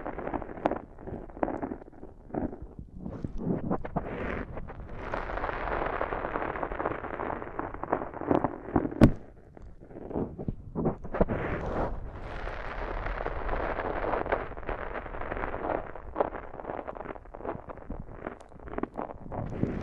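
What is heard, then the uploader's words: Deep ear cleaning gives dense, crackling scratches and rustles that come in uneven waves, thickest from about five to eight seconds and again from twelve to seventeen. A single sharp pop stands out near the nine-second mark, followed by a brief lull. ASMR INTENSE Deep Ear Cleaning (No Talking).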